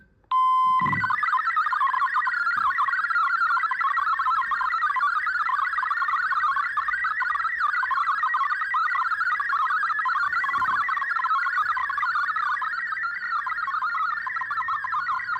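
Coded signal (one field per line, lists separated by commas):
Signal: multi-tone FSK (Olivia or MFSK type)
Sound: short steady tone, then rapid warbling melody of hopping tones throughout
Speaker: C'est parti, on va je vais procéder à la démonstration.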